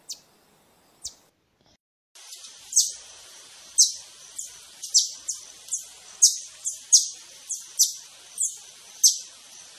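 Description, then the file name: Green honeycreeper thin, high chips, two isolated at first, then a fast string of sharp downslurred notes roughly twice a second over a hissy background. "Canto do sai verde"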